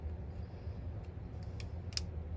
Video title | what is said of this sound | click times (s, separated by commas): Mojo Dojo Pt. 5a | There we go. There's that little click. | 2.0 s